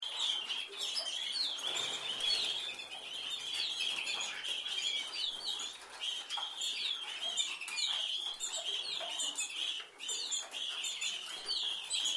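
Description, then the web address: Canary song, a steady high warbling chatter with quick trills running throughout, somewhat muffled and busy. "Golchin Best Canari Seda Canari. Niyaz Music)"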